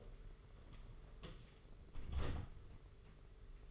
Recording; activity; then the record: daily activity, microphone in the room; close door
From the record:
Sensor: 4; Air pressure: 992.4 hPa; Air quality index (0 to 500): 113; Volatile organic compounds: 22 ppm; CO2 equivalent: 2741 ppm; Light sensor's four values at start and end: 20/70/26/27 and 21/73/26/28